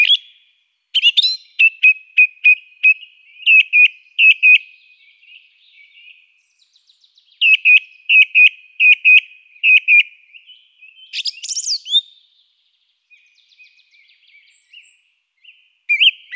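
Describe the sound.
Song thrush: songbird repeating a clear whistled note in rapid series, two long bursts separated by soft twitters, followed by a harsher high phrase and more soft notes.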